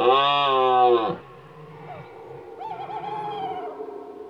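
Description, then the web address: Deer giving one loud, steady harmonic bellow about a second long, then a fainter wavering call. "Cerf. album abc-de-la-nature"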